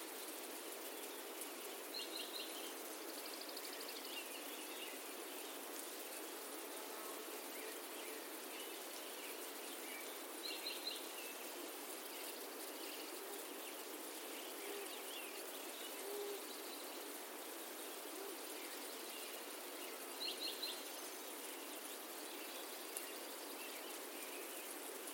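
Birds sing through a busy Rocky Mountain morning, with short bright chirps and trills popping up every few seconds, clearest around 2–4, 10–11 and 20–21 seconds. Beneath them a steady, even hiss fills the whole stretch without pause.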